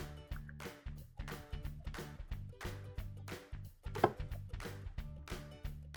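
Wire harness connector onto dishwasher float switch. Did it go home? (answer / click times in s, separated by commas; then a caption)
yes / 4.0 s. A wire harness connector is plugged back onto the terminals of a Whirlpool dishwasher float switch (part WPW10195039) over steady background music. One loud, short snap stands out at 4.0 seconds as the connector seats into place.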